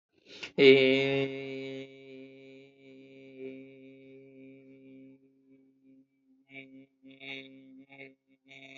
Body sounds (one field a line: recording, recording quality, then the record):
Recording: sustained vowel as in made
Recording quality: excellent, no background noise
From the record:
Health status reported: healthy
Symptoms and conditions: none ticked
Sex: male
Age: 21 years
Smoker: not ticked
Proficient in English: yes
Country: India